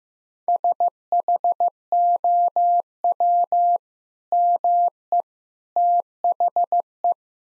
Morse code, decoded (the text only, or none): SHOW ME THE